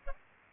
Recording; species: mosquito wingbeat signal from an infrared sensor; Aedes albopictus